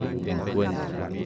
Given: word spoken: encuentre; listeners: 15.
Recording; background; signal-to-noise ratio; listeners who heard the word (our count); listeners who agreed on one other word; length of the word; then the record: one Spanish word in noise, from a listening test; eight-talker babble; 0.9 dB; 0 of 15; 10 of 15; 0.86 s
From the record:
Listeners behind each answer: 10, 1, 1, 1, 1, 1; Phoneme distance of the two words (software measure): 10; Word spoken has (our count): 3 syllables, 9 phonemes, stress on syllable 2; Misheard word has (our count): 3 syllables, 9 phonemes, stress on syllable 2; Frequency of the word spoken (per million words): 13.78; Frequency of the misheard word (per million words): 156.22